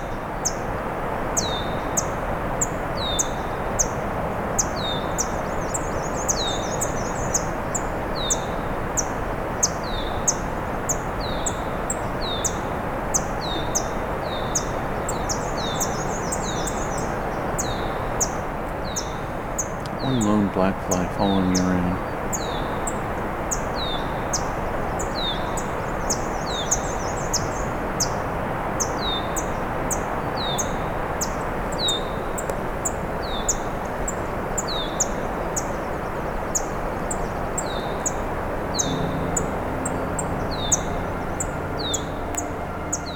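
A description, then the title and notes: Black-and-white Warblers and other birds call in quick repeated high chirps over steady low rumble, with a brief swelling engine pass near twenty seconds. We’re continuing along the road allowance that skirts the edge of the national park lands. Along the way we’ll hear some Black-and-white Warblers, Red-winged Blackbirds, Blue Jays, and more.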